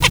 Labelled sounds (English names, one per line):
Zebra Finch tet call